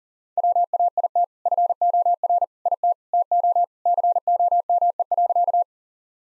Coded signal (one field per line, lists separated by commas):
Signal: Morse code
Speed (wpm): 40 wpm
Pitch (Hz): 700 Hz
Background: none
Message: WAIT FOR IT TO COME.